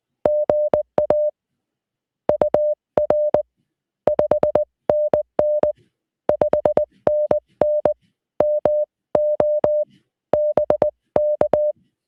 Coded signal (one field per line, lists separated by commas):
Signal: Morse code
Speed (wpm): 19 wpm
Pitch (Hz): 600 Hz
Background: none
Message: GA UR 5NN 5NN MO BK